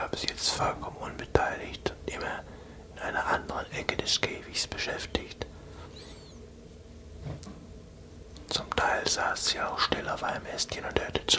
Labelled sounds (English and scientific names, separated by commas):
Common Chiffchaff (Phylloscopus collybita)